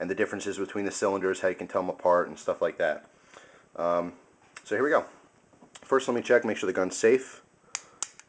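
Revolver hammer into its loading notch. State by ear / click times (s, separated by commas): seated / 7.8 s, 8.0 s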